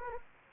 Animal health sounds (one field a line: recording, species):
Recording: mosquito wingbeat signal from an infrared sensor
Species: Anopheles gambiae